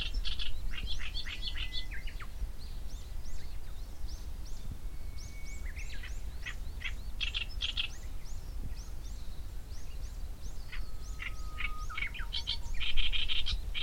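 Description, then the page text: Black-browed reed warbler giving a lively, chattering song of harsh, buzzy and chirping notes in uneven runs, with occasional thin whistled tones and steady low-pitched background noise. Recorded near Daibosatsu Pass, Japan. "koyosikiri. 山平 平蔵"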